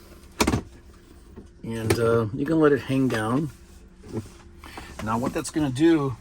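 Rear vent panel clipped into the center console of a Model 3/Model Y being pulled loose so it can hang down. Two sharp plastic snaps at 0.4 s and 0.5 s as its clips let go, then someone talks. The panel is released.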